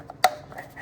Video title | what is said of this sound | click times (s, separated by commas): 2017 Chrysler Pacifica Oil Change + Removal of Stuck/Rounded Oil Filter Cap | There you go, you heard it click right there. | 0.2 s